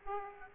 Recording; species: mosquito wingbeat signal from an infrared sensor; Aedes aegypti